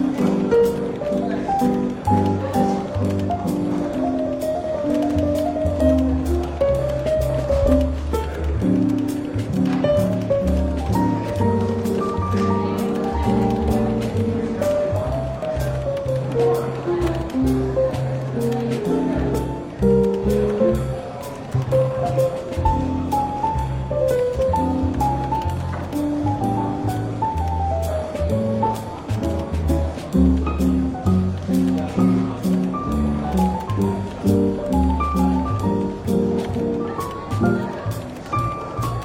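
A London bookshop café, with relaxed, soft jazz filling the space: a walking bass line and chords moving steadily in mid and low tones, lightly brushed percussion ticking throughout. Faint murmured voices sit underneath, and the level stays even for the whole stretch.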